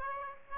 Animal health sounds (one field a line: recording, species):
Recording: mosquito wingbeat signal from an infrared sensor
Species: Aedes aegypti